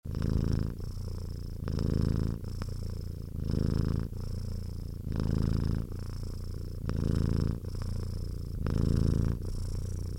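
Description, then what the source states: Domestic cat purr, continuous and deep, rising and falling in loudness with slow breathing cycles about every two seconds throughout. Happy cat purring.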